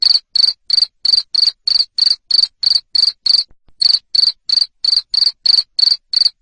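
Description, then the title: Cricket sound: loud pulsed chirps at a quick steady pace, about three per second, interrupted once by a short silence. Loud cricket chirping (ngerik) used to stimulate lovebirds to sing continuously (ngekek). "Suara JANGKRIK NGERIK Keras Bikin LOVEBIRD Jadi NGEKEK Terus Vubey"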